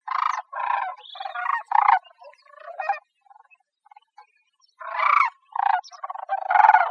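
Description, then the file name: Sandhill crane calls: loud, rolling, trumpeting bursts come in quick clusters, with a pause midway before another run of rattling notes. "AZFO SACR 1 A deviche"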